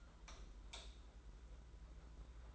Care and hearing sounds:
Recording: daily activity, microphone in the room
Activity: light off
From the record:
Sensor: 3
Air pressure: 991.9 hPa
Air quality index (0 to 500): 220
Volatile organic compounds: 1000 ppm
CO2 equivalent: 7527 ppm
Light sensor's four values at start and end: 18/45/18/16 and 16/38/15/14

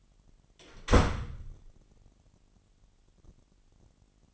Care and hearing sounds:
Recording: daily activity, microphone in the room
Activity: close door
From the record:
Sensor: 4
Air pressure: 999.4 hPa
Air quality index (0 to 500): 117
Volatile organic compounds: 2 ppm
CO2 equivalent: 1154 ppm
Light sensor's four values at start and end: 13/31/12/14 and 13/30/12/13

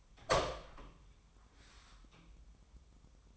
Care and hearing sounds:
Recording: daily activity, microphone in the room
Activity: open door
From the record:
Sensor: 1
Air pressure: 1004.9 hPa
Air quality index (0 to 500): 82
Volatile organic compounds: 2 ppm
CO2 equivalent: 1108 ppm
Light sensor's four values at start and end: 9/22/9/9 and 9/23/9/10

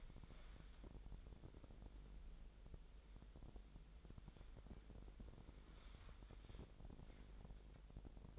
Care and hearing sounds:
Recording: daily activity, microphone in the room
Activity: wipe stove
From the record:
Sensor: 5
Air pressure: 1001.1 hPa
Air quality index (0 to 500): 246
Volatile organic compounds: 34 ppm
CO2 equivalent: 3038 ppm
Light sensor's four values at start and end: 29/65/26/25 and 29/66/27/25

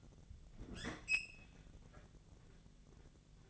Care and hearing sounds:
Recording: daily activity, microphone in the room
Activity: open fridge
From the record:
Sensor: 4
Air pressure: 1000.9 hPa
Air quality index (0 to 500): 134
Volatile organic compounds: 2 ppm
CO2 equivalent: 996 ppm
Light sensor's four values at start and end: 27/66/28/30 and 26/61/26/28

